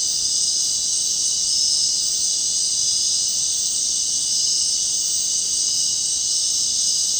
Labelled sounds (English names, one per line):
none